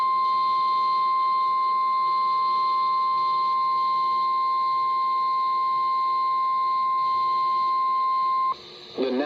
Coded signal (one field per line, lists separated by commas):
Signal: Emergency Alert System (SAME) tones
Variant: 1050 Hz attention tone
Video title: Spammy Saturday - EAS Alerts from 8/3/24 || EAS 1,377-1,395